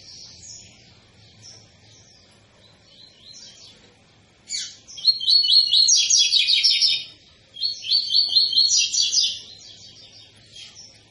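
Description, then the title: Double-collared seedeater: soft high chips, then two loud phrases of rapid, ringing repeated notes, each about two seconds long. Tui-tui style song of a spirited ('fibra') bird, used as a teaching song for young birds. "COLEIRO TUI TUI FIBRA CANTO PROFESSOR"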